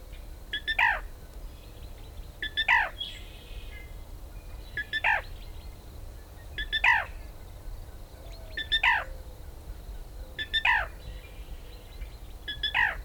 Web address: beislab rail 1 blra kkd